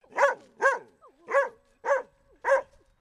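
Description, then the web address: Dalmatian barking in a series of five sharp, mid-pitched barks, with faint soft whines between them. Female Dalmatian. "Sound Effects-Foundation 1 ANIMAL DOG DALMATIAN FEMALE BARK"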